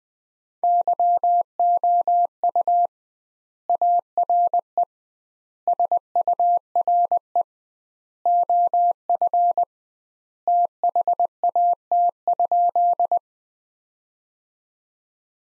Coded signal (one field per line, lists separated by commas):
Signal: Morse code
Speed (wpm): 21 wpm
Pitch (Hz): 700 Hz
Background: none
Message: YOU ARE SURE OF THAT?